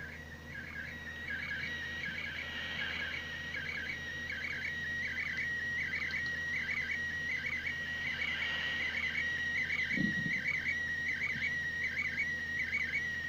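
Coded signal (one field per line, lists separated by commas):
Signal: SSTV (slow-scan television)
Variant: PD180 mode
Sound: steady warbling, chirping tone with rhythmic repeating beeps, continuous through the clip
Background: radio static, faint low hum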